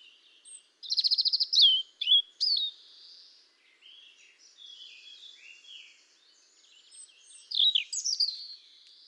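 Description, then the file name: European robin singing high, thin warbled phrases with a quick stuttering trill near the start, softer twittering in the middle, then a bright burst of notes near the end. "Erithacus rubecula"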